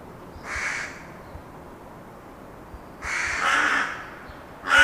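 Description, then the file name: Carrion crow cawing: a short harsh caw, a long pause, then a longer drawn-out harsh caw and another starting at the end. "Corvus corone"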